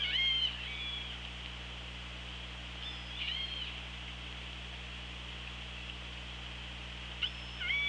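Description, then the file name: Orca calls: three harmonic calls at the start, middle and end, over a continuous low hum and hiss. Recorded on the OrcaLab hydrophone on 24 August 2017 at 16:32. "Orca Lab UTLN JASON 20170824 163210"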